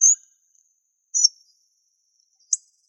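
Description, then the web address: Hawfinch giving three short, sharp, very high clicking calls spread over three seconds, against a silent background. "Coccothraustes coccothraustes"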